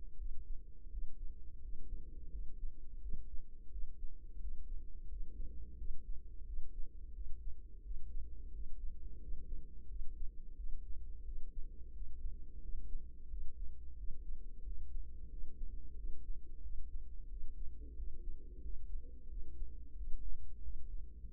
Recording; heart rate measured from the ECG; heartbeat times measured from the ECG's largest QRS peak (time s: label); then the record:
heart sounds by microphone in the right ear; 88 bpm
0.14 s: heartbeat
0.87 s: heartbeat
1.57 s: heartbeat
2.28 s: heartbeat
2.97 s: heartbeat
3.67 s: heartbeat
4.37 s: heartbeat
5.05 s: heartbeat
5.74 s: heartbeat
6.42 s: heartbeat
7.10 s: heartbeat
7.80 s: heartbeat
8.48 s: heartbeat
9.16 s: heartbeat
9.85 s: heartbeat
10.53 s: heartbeat
11.21 s: heartbeat
11.89 s: heartbeat
12.58 s: heartbeat
13.26 s: heartbeat
13.93 s: heartbeat
14.60 s: heartbeat
15.27 s: heartbeat
15.93 s: heartbeat
16.59 s: heartbeat
17.26 s: heartbeat
17.93 s: heartbeat
18.59 s: heartbeat
19.25 s: heartbeat
19.92 s: heartbeat
20.59 s: heartbeat
21.24 s: heartbeat
From the record:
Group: healthy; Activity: cold pressor test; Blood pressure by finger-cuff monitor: 131/79 mmHg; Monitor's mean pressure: 97 mmHg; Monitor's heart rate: 88 bpm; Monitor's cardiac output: 7.3 L/min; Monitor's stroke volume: 83 mL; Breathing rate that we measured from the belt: 18 breaths a minute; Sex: female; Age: 32 years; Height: 172 cm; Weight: 71.7 kg